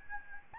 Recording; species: mosquito wingbeat signal from an infrared sensor; Aedes albopictus